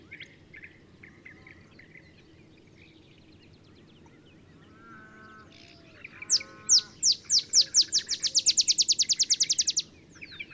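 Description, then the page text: Olive sparrow song: a run of sharp chips speeding into a bouncing trill, following quiet chirps and a few lower, tonal calls from other birds. Singing in early morning in Texas, just 50 miles north of the Mexican border; simple songs likened to a field sparrow's bouncing-ball song. "Olive Sparrow. Recording early morning just 50 miles north of the Mexican border in Texas"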